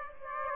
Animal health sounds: mosquito wingbeat signal from an infrared sensor; Aedes aegypti

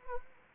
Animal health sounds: mosquito wingbeat signal from an infrared sensor; Anopheles arabiensis

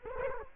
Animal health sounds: mosquito wingbeat signal from an infrared sensor; Culex quinquefasciatus

